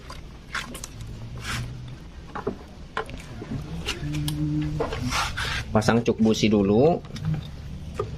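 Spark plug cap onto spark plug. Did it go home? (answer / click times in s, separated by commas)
yes / 8.0 s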